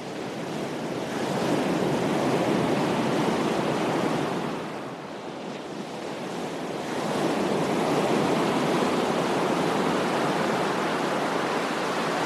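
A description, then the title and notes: Powerful waves crash in a dense, continuous roar that swells, eases briefly around five seconds, then surges back loud through the end. The calming white noise of powerful waves crashing.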